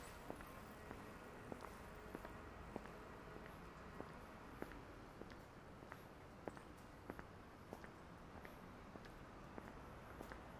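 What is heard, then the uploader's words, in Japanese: A steady murmur of Shinjuku street life on a Saturday morning, with scattered footsteps, sharp clicks and knocks, and faint voices underneath. Shinjuku,Saturday morning。Morning in bustling Shinjuku is different from night.Kabukicho～Hotel street～ Kabukicho,Sakura street～Kabukicho,Ichiban-gai～Omoide Yokocho～Shinjuku East exit.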